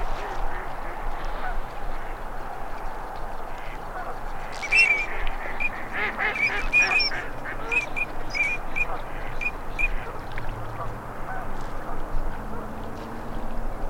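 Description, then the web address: Ducks calling in a flock, short high whistled notes and rough quacking bursts clustered midway over a steady low rumble of background noise. Male and female migratory ducks. "Male and female migratory ducks. صدای-مرغابی-های-مهاجر-نر-و-ماده"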